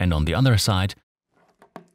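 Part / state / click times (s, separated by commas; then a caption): large multi-pin plug into a PLC connection module / seated / 1.8 s. Someone talks, then the second latch on the other side of a large multi-pin plastic plug is snapped home on the connection module of a SIMATIC ET 200MP 64-channel digital PLC module. After a few faint handling sounds, a sharp click at 1.8 s shows the latch has seated.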